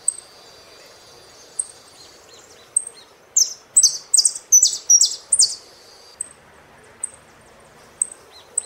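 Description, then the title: Saffron finch: scattered high chips, a cluster of loud descending buzzy notes in the middle, then chips again over a faint steady background hiss. "Jilguero Argentino"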